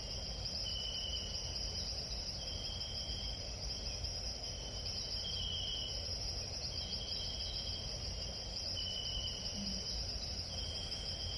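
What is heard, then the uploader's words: Crickets chirp without pause through a jungle night, a dense, high, shimmering trill layered with a second, lower pulsing call that swells and fades every couple of seconds. Beneath it runs a steady low rumble, and the whole scene stays constant in loudness. Sleep sounds jungle camping at night with crickets, no talking.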